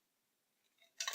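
A plastic lab link piece from a 2006 Funrise Toys Doctor Dreadful Freaky Food Lab is pushed into the toy beaker stand, with faint plastic rustling leading up to it. A sharp, bright plastic snap lands at 1.0 s, followed by a quick secondary click, as the piece seats in the stand.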